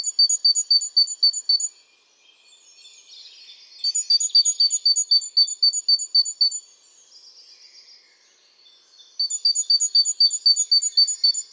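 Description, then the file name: Great tit calls: rapid runs of high, evenly spaced double notes, about four a second, in bursts of a few seconds separated by softer buzzy chatter. "Parus major"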